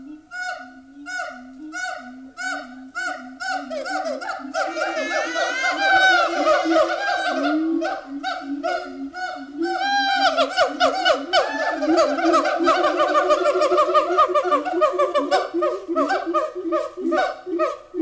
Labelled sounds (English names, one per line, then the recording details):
Siamang
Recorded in captivity
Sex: group
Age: diverse
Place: Zoo Berlin, Berlin, DE
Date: 2000-09-07 14:45
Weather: heiter, 16°C
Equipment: Nagra SN, Kopie Uher 4000 Report Monitor
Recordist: Tembrock, Günter